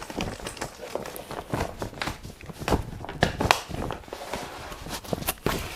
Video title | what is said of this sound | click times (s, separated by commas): BEST Studio Softbox Kit ESDDI LED Upgrade 900w Twin Set Unboxing & Comparison PS-070 | literally just push it into position and the reflector then clicks into place that remains solid | 3.2 s, 3.5 s